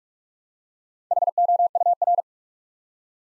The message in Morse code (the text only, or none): HOUR